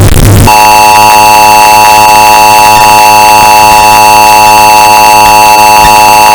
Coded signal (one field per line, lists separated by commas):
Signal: Emergency Alert System (SAME) tones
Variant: 853 and 960 Hz attention tone